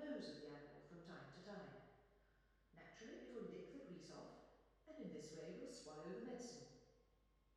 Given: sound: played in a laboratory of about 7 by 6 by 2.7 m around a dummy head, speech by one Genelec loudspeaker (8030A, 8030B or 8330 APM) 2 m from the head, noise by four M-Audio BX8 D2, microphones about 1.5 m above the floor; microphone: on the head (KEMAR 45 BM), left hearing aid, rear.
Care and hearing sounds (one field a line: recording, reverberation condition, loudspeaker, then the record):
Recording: female speech in English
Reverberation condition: high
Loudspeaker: 60 degrees to the right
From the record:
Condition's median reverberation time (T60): about 1300 ms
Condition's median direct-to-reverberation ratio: about -4.0 dB